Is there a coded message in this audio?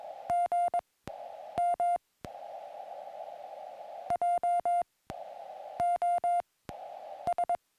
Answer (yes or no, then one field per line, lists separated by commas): yes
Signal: Morse code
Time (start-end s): 0.3-7.5 s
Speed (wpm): 22 wpm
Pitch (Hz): 700 Hz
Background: music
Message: GM JOS